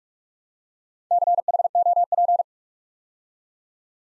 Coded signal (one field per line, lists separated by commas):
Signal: Morse code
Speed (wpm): 44 wpm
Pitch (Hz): 700 Hz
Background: none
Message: CHOP